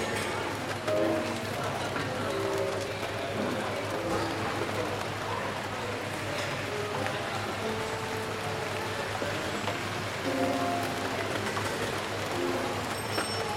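Friendly chatter murmurs over steady pattering rain, with short tonal notes, possibly cups or soft piano, surfacing every few seconds throughout.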